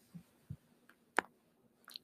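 A few soft, dull pops over two seconds, with one sharp, crisp crack in the middle and faint clicks after it, heard in a quiet room, recorded close to an adult's back. These are joint cavitation sounds from popping the back, a common, harmless cracking of the spinal joints; this one is a weak crack, softer than usual after the back was popped half an hour earlier.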